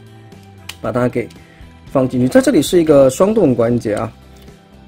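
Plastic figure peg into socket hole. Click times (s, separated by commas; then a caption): 0.7 s. A red plastic peg on a part of a Transformers Studio Series SS86 Commander Class Optimus Prime figure, a double-jointed piece, is pressed into a matching red hole. A short sharp click at 0.7 s marks the peg seating. Someone talks over quiet music.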